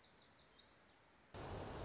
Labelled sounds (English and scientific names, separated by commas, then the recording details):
Lazuli Bunting (Passerina amoena)
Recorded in Sonoma County, California